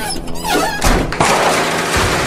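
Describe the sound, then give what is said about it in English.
A door is kicked in: a creaking squeak gives way to two heavy, loud thuds about a second apart, followed by a rough, noisy clatter that trails off. “Old cop the crib, kick the door.”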